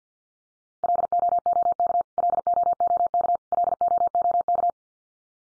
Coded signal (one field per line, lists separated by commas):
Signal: Morse code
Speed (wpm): 50 wpm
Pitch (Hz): 700 Hz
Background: none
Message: LOOK LOOK LOOK